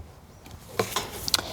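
A plastic barbed valve is pushed into a hole in drip line tubing after feeling along the line for the hole. Soft handling noises and a dull knock near 0.8 s lead to a sharp click at 1.3 s, and the valve is seated.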